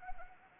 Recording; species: mosquito wingbeat signal from an infrared sensor; Anopheles arabiensis